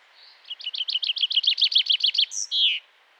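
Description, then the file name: Common chaffinch song: a trill of many rapid chirps, followed by a higher note and a short ending flourish. "Fringilla coelebs"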